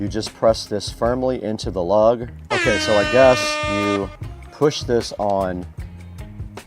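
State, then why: Seated. A smartwatch band is pressed firmly into the watch case lug while someone talks over background music. A sharp click at 6.6 s marks the band snapping into place, seated.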